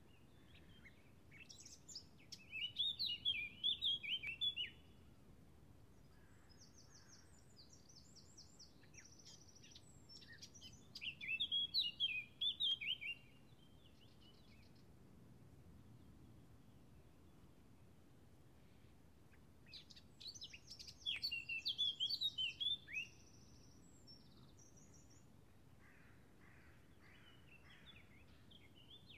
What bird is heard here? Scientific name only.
Sylvia atricapilla